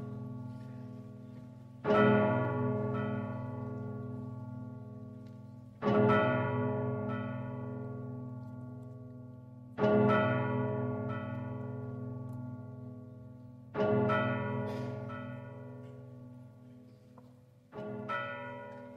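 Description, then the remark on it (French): A deep church bell tolls slowly, five heavy strokes about four seconds apart, each one ringing out with a rich humming tone that fades gradually before the next. No voices are heard. “Ces cloches, je me les sens battre aux tempes.”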